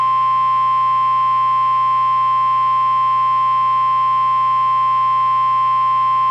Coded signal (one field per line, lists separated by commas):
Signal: Emergency Alert System (SAME) tones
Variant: 1050 Hz attention tone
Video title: "WASHINGTON'S WALLOPING" [TORNADO EAS SCENARIO]